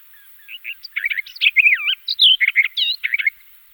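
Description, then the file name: Barred warbler song, a hurried jumble of grating notes and slurred whistles that runs for a few seconds before stopping. Song, 2004. "roche 2004 sperbergrasmuecke"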